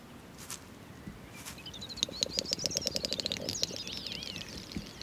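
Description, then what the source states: Great Snipe calls: a rapid run of dry clicks building into a bubbling, twittering trill with high whistled notes, then a slurred warble. Rare breeder on wet meadows of the Dviete floodplains on the Latvia–Lithuania border, recorded at sunrise; its call carries from afar.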